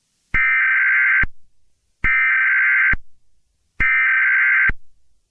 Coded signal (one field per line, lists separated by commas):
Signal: Emergency Alert System (SAME) tones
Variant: header bursts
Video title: EAS Scenario: The Second Great Blue Norther in October ? #easscenario